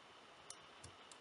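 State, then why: Seated. A microSD card is pushed down with a tool into the card slot of an NVIDIA Shield Tablet K1 until it clicks and latches at 0.5 s, seating the card. Two fainter ticks follow at about 0.8 and 1.1 s over a steady hiss.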